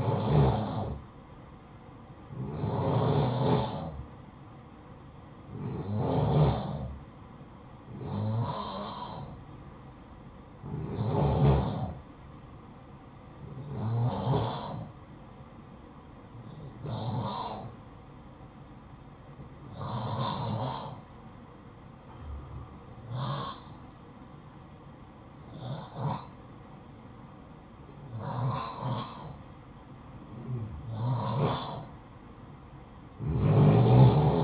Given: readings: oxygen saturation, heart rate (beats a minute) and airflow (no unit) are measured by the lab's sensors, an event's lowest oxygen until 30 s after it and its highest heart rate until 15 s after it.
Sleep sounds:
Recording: breathing in sleep by a smartphone at the bedside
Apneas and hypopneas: none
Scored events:
none scored
From the record:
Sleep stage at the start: N2 (light sleep)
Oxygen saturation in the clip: 89 to 90%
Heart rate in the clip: 54 to 63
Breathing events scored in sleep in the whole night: 573 in 9.8 hours asleep

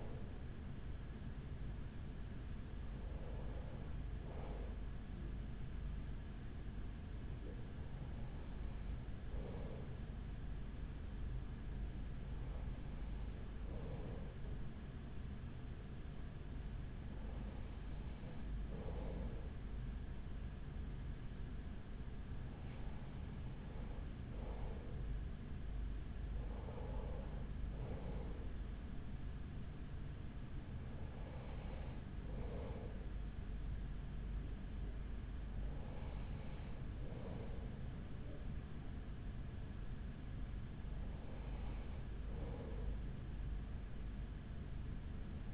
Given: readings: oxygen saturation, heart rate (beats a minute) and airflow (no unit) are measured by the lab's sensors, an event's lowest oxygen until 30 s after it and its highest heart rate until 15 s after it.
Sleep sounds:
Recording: breathing in sleep by a smartphone at the bedside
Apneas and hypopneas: none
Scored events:
10.00-45.54 s: new sleep stage, N2 (light sleep)
From the record:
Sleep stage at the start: N1 (lightest sleep)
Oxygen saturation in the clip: 94 to 96%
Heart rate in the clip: 41 to 47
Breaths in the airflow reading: 9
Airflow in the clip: -5.8 to 4.4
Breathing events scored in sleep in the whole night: 207 in 7.6 hours asleep

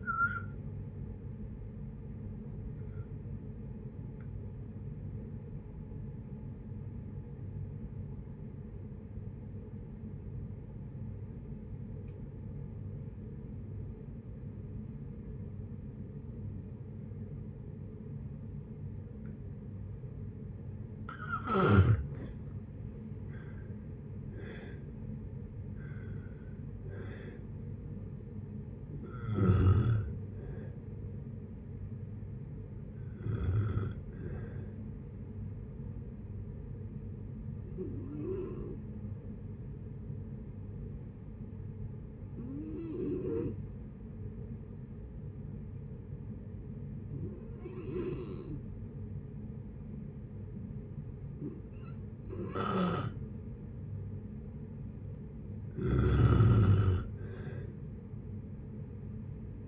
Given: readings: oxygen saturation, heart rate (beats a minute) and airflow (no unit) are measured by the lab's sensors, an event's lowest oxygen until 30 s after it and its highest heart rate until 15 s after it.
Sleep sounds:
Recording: breathing in sleep by a smartphone at the bedside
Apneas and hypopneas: 2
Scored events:
4.00-23.10 s: obstructive apnea (N2, oxygen 94% highest, then 85% lowest, heart rate 69 at the start, 73 highest)
40.00-55.60 s: hypopnea (N2, oxygen 96% highest, then 87% lowest, heart rate 59 at the start, 70 highest)
From the record:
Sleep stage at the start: N2 (light sleep)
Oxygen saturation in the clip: 84 to 96%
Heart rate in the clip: 57 to 73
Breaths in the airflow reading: 10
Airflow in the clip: -7.1 to 11.5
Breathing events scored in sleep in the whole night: 496 in 5.4 hours asleep

